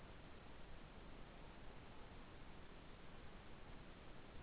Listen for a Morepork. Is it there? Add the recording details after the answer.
yes. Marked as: faintness 5/5. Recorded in New Zealand. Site Taranaki